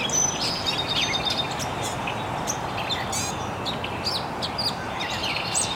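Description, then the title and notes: Birds calling with quick high chirps and a few whistled notes, coming irregularly, while a steady rushing hiss continues underneath. Recorded very early in the morning in an estuary. "Birds Chirping in the Early Morning. Original sounds of birds chirping very early in the morning in an estuary"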